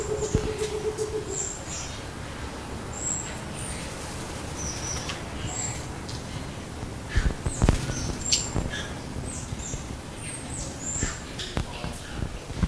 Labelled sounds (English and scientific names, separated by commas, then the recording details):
Cinnamon Ground Dove (Gallicolumba rufigula) call
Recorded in captivity
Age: adult
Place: Zoo Berlin, Berlin, DE
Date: 2000-08-29 10:10
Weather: fair, 21°C
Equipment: Nagra SN, Kopie Uher 4000 Report Monitor
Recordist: Tembrock, Günter